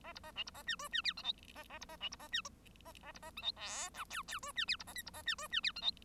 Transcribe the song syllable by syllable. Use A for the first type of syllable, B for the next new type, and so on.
A B A C B A D E D F G H A A B A C B A D A A B A G H I J K K E D F B A L B A D E D F G H